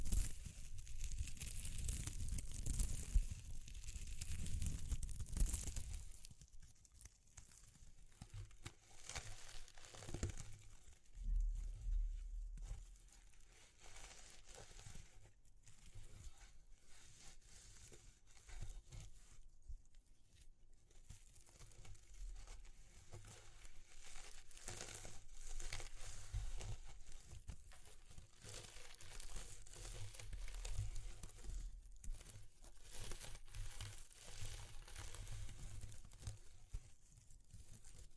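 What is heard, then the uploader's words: Crinkling and crumpling of material, loud and dense for the first six seconds, then quieter irregular rustles and scrapes with brief bursts throughout. ASMR Exploring Textures (No Talking).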